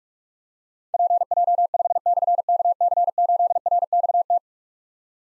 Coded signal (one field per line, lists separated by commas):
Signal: Morse code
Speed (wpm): 44 wpm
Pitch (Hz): 700 Hz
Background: none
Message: PJ5/KC8RXT